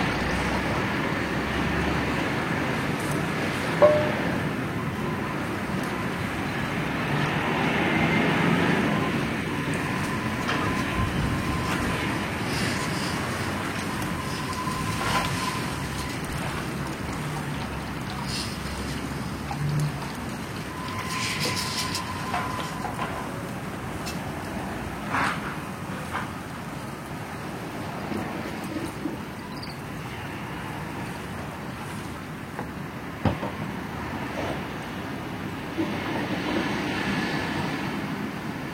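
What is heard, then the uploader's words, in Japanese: Dishwashing by a window: a steady wash of low rumble, like passing traffic or a train, fills the background throughout. Scattered clinks and knocks of dishes break through, with a sharper clatter near four seconds and occasional soft splashes of water. とある日の窓辺と食器洗い。誰かの息づく音たちと、私の生活音です。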